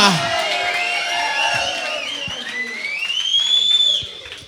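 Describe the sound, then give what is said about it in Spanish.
A concert crowd at a live show cheers loudly as a guest singer is welcomed onto the stage. Overlapping whoops and high shouts rise above a steady roar of voices and scattered clapping, swelling toward the end before easing off. “¡Un aplauso!”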